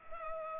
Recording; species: mosquito wingbeat signal from an infrared sensor; Culex pipiens